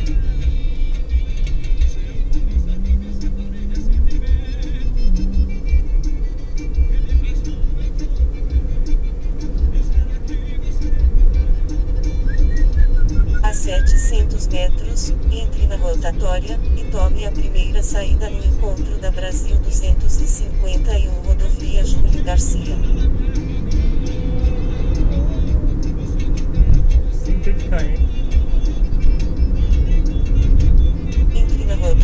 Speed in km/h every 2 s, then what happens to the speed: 53, 51, 53, 55, 59, 65, 67, 69, 71, 72, 71, 72, 72, 68, 70, 69.
0-6 steady at about 53. 6-17 speeds up to 72. 17-32 steady at about 71.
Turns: none.